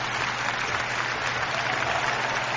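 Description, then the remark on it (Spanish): An audience at a live stage show claps steadily throughout, a dense, even wash of many hands with no single claps standing out and no voices over it. “Ahora ya con los aplausites, coña.”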